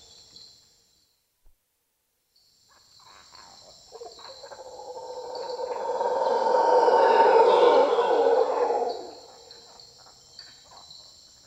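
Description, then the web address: Mantled howler monkey howl rising slowly from quiet into a loud rough roar that peaks and then drops away, with a constant high insect drone and a gap near the start. South American rainforest. "Natures Songs S America Primates of the Rainforest Mantled howler monkey"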